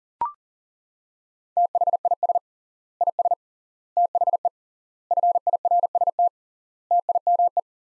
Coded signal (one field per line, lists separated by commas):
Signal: Morse code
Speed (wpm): 40 wpm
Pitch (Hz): 700 Hz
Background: none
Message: THIS IS THE FIRST TIME